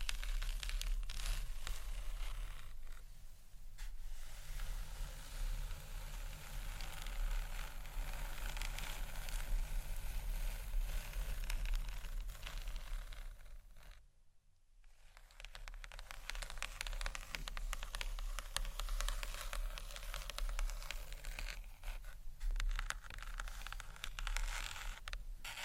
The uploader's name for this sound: Gentle SCRATCHY TAPPING on BOOKS